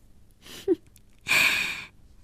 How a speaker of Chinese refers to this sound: …说着，把小西给放下了，重重的喘气。